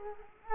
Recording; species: mosquito wingbeat signal from an infrared sensor; Culex quinquefasciatus